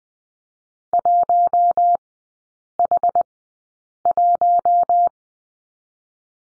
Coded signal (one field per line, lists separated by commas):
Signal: Morse code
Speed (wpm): 20 wpm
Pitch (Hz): 700 Hz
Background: none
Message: 1H1